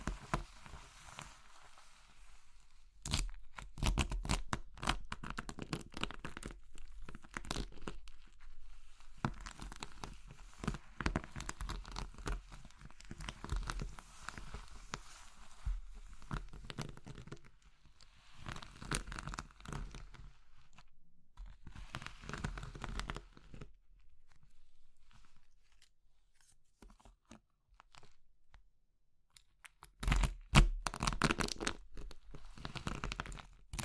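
Crumbly material being crushed: soap, chalk, meringue or pastel breaking apart in dense bursts of crisp crunching and crackling. Busy stretches of crackle alternate with short quiet gaps, notably around 3, 8, 21 and 29 seconds, and the final burst near 30 seconds is the loudest.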